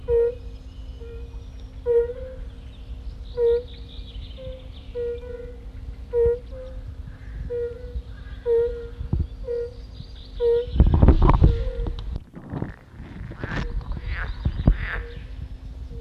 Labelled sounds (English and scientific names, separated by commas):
Edible Frog (Pelophylax esculentus) call